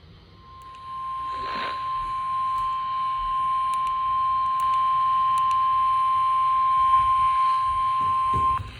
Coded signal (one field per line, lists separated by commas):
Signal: Emergency Alert System (SAME) tones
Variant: 1050 Hz attention tone